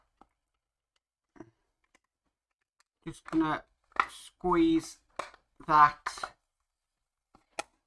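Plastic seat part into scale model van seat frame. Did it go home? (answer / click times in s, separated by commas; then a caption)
yes / 7.6 s. A plastic seat part is squeezed into the middle seat frame of a scale model VW T1 Samba campervan. Someone talks while faint taps sound, and the part snaps into place with a sharp click at 7.6 s, seated.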